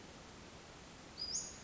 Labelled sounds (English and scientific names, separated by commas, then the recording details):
Western Flycatcher (Empidonax difficilis)
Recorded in Sonoma County, California